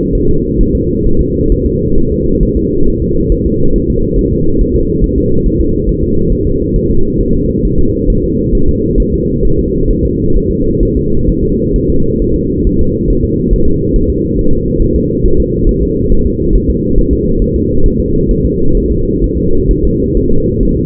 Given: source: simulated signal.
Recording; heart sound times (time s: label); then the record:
fetal heart sounds
0.15 s: S1
0.29 s: S2
0.61 s: S1
0.75 s: S2
1.06 s: S1
1.21 s: S2
1.52 s: S1
1.66 s: S2
1.98 s: S1
2.12 s: S2
2.43 s: S1
2.57 s: S2
2.88 s: S1
3.02 s: S2
3.32 s: S1
3.46 s: S2
3.76 s: S1
3.90 s: S2
4.19 s: S1
4.33 s: S2
4.61 s: S1
4.76 s: S2
5.04 s: S1
5.18 s: S2
5.46 s: S1
5.61 s: S2
5.89 s: S1
6.03 s: S2
6.32 s: S1
6.47 s: S2
6.76 s: S1
6.91 s: S2
7.21 s: S1
7.35 s: S2
7.65 s: S1
7.79 s: S2
8.10 s: S1
8.24 s: S2
8.55 s: S1
8.69 s: S2
9.00 s: S1
9.14 s: S2
9.45 s: S1
9.59 s: S2
9.91 s: S1
10.05 s: S2
10.37 s: S1
10.51 s: S2
10.83 s: S1
10.97 s: S2
11.29 s: S1
11.44 s: S2
11.76 s: S1
11.90 s: S2
12.22 s: S1
12.36 s: S2
12.67 s: S1
12.81 s: S2
13.10 s: S1
13.25 s: S2
13.54 s: S1
13.68 s: S2
13.96 s: S1
14.10 s: S2
14.39 s: S1
14.53 s: S2
14.82 s: S1
14.96 s: S2
15.25 s: S1
15.40 s: S2
15.69 s: S1
15.83 s: S2
16.12 s: S1
16.26 s: S2
16.55 s: S1
16.70 s: S2
16.99 s: S1
17.13 s: S2
17.42 s: S1
17.56 s: S2
17.86 s: S1
18.00 s: S2
18.31 s: S1
18.45 s: S2
18.77 s: S1
18.92 s: S2
19.24 s: S1
19.38 s: S2
19.71 s: S1
19.85 s: S2
20.17 s: S1
20.31 s: S2
20.63 s: S1
20.77 s: S2
From the record:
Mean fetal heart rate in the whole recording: 135 bpm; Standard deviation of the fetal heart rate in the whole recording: 3 bpm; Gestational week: 36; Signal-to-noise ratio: -17.7 dB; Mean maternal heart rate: 72 bpm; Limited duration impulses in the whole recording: present